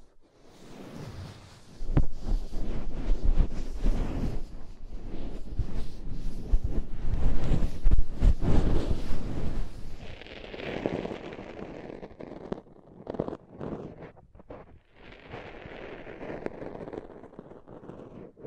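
Soft, fluffy rubbing and brushing sounds, dense and rumbling, with a deep low thump-like texture and crackly bursts through the first ten seconds. After that the rustling thins out into quieter, airier brushing strokes with brief pauses, picking up again toward the end.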